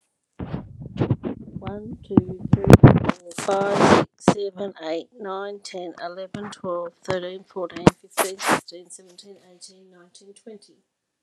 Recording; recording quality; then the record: counting at a normal pace; poor, much background noise or distortion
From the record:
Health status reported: healthy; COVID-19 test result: negative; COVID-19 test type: RT-PCR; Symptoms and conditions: cough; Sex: female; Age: 47 years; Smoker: no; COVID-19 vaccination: both doses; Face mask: not worn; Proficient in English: yes